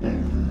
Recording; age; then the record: pig call; growing-finishing pig (85 days or more)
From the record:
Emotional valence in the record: negative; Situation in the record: barren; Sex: female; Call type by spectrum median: low-frequency call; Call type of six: low-frequency stable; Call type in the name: low-frequency stable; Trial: 3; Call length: 0.51 s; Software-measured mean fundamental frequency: 37 Hz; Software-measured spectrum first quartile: 71 Hz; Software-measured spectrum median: 159 Hz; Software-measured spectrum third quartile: 289 Hz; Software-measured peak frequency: 213 Hz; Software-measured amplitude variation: 147 dB a second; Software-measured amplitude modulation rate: 28.3 a second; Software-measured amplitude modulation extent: 5.2 dB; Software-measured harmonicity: -2.6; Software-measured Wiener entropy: -0.99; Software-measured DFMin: 666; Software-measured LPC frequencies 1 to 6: 1701, 2637, 5027, 5815, 8186, 9743 Hz